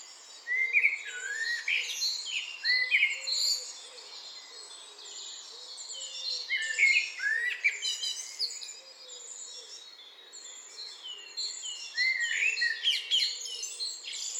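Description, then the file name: Eurasian blackbird song, rich warbling phrases mixed into a crowded chorus of thin, high-pitched bird calls. "Turdus merula"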